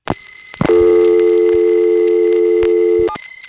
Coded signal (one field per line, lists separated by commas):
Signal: telephone call progress tone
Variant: North America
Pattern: dial tone